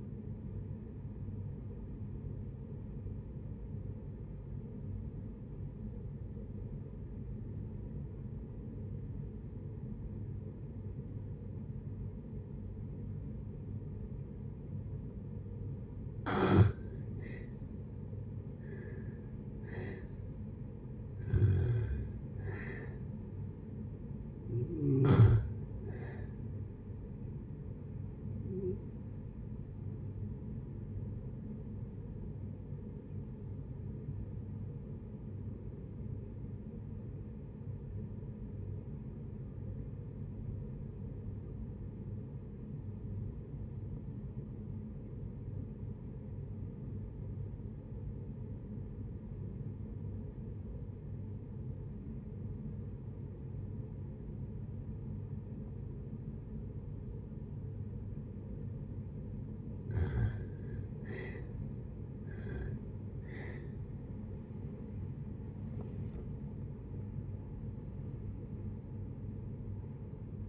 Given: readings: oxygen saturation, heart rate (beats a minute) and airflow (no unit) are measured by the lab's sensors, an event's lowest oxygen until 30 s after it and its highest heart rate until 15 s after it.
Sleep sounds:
breathing in sleep by a smartphone at the bedside; 2
3.00-20.10 s: obstructive apnea (N1, oxygen 92% highest, then 76% lowest, heart rate 69 at the start, 75 highest)
33.00-60.70 s: obstructive apnea (N1, oxygen 95% highest, then 72% lowest, heart rate 63 at the start, 83 highest)
From the record:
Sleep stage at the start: N1 (lightest sleep); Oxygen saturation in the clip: 76 to 95%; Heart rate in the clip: 57 to 83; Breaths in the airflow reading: 8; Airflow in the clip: -13.6 to 15.8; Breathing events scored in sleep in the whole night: 496 in 5.4 hours asleep

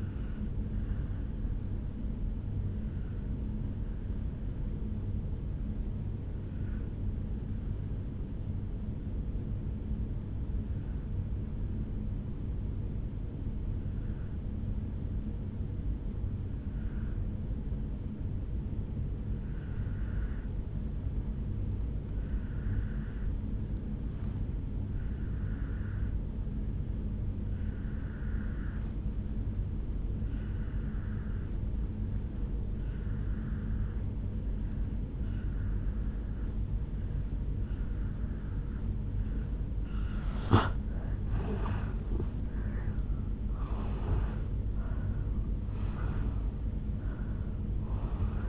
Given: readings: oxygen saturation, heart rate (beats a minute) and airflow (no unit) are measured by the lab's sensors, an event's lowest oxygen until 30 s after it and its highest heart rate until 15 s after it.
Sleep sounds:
breathing in sleep by a smartphone at the bedside; 1
6.00-39.00 s: obstructive apnea (N1, oxygen 97% highest, then 84% lowest, heart rate 55 at the start, 77 highest)
15.00-45.00 s: new sleep stage, N2 (light sleep)
45.00-48.49 s: new sleep stage, N1 (lightest sleep)
From the record:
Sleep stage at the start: N1 (lightest sleep); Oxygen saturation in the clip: 84 to 97%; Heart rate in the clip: 55 to 76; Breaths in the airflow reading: 6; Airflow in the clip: -12.8 to 8.5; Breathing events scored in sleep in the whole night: 449 in 7.0 hours asleep

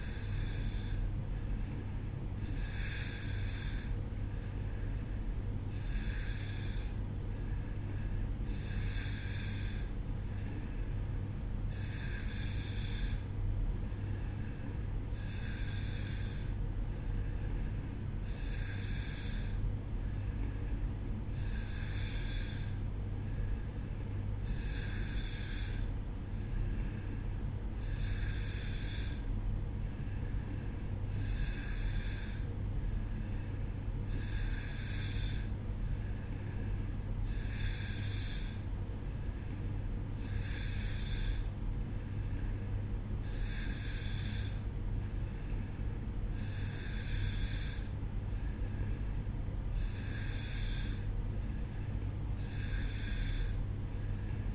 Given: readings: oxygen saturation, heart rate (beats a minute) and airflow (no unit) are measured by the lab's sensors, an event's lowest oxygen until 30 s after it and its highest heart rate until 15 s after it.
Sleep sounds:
breathing in sleep by a smartphone at the bedside; none
15.00-45.00 s: new sleep stage, N3 (deep sleep)
45.00-54.55 s: new sleep stage, N2 (light sleep)
From the record:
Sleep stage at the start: N2 (light sleep); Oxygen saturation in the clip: 90%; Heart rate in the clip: 62 to 67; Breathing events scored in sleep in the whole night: 305 in 9.6 hours asleep

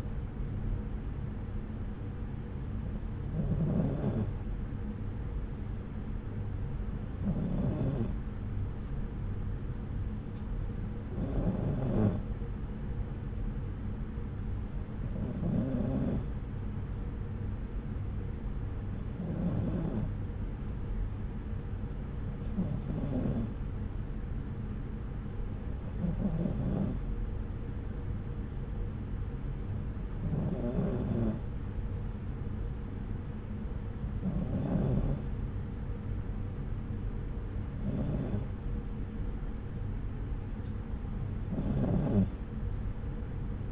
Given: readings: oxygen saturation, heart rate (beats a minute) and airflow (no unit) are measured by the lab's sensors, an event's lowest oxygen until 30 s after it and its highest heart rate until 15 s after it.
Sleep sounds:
breathing in sleep by a smartphone at the bedside; none
none scored
From the record:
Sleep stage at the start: N2 (light sleep); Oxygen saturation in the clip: 93 to 94%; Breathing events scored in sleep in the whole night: 303 in 8.1 hours asleep

